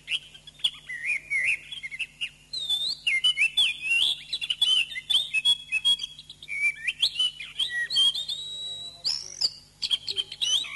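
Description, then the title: Continuous Oriental magpie-robin singing, mixing warbled trills, sweet rising and falling whistles and sharp chips in quick succession, with a faint background hum. "Kicau Kacer"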